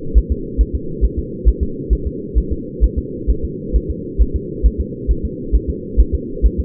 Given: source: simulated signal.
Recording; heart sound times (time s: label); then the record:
fetal heart sounds
0.18 s: S1
0.32 s: S2
0.61 s: S1
0.75 s: S2
1.05 s: S1
1.19 s: S2
1.48 s: S1
1.63 s: S2
1.93 s: S1
2.07 s: S2
2.38 s: S1
2.53 s: S2
2.84 s: S1
2.98 s: S2
3.30 s: S1
3.45 s: S2
3.76 s: S1
3.90 s: S2
4.22 s: S1
4.36 s: S2
4.66 s: S1
4.81 s: S2
5.11 s: S1
5.25 s: S2
5.55 s: S1
5.70 s: S2
6.00 s: S1
6.15 s: S2
6.46 s: S1
6.60 s: S2
From the record:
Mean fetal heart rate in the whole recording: 135 bpm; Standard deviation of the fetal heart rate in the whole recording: 3 bpm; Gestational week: 34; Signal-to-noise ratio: -4.3 dB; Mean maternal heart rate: 72 bpm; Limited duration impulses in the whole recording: absent